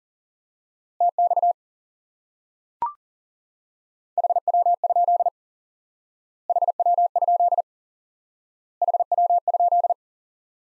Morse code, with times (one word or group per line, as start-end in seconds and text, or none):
1.0-1.5 TX
4.2-5.3 HW?
6.5-7.6 HW?
8.8-9.9 HW?